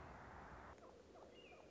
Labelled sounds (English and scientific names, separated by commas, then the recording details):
American Robin (Turdus migratorius)
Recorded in Sonoma County, California